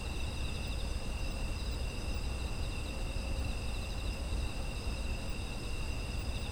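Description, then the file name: Insects chirring in a steady chorus, several high pulsing trills layered at once and never pausing, over a constant low rumble. Autumn insect ambience. "秋の虫の環境音"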